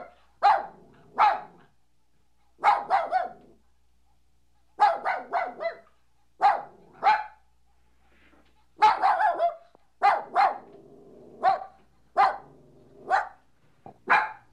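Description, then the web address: Dog: puppy barking: short, sharp yaps in pairs and small clusters, separated by quiet gaps of up to about two seconds. "dog puppy barking animal"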